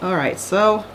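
A plastic ratchet tie is handled around the metal wire of a wreath frame to hold deco mesh, but it has not yet been ratcheted tight, so nothing has clicked or seated yet. Someone talks throughout the clip over a faint, steady background hum.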